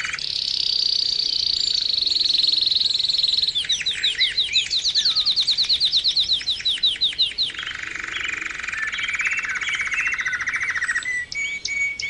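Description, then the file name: Canary singing a long high trilled tour, then a fast series of repeated downslurred notes, followed by a low buzzy roll. Canary 'terapi' (therapy) song recording, intended for training birds. "kenari terapi omkicau"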